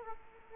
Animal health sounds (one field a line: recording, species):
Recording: mosquito wingbeat signal from an infrared sensor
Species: Culex quinquefasciatus